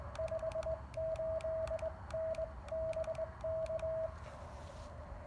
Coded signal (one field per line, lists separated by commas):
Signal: Morse code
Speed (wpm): 19 wpm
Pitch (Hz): 660 Hz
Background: radio noise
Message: 58N BK